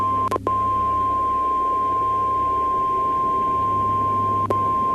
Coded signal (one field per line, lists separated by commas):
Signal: Emergency Alert System (SAME) tones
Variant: 1050 Hz attention tone